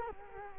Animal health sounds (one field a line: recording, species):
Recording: mosquito wingbeat signal from an infrared sensor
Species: Culex quinquefasciatus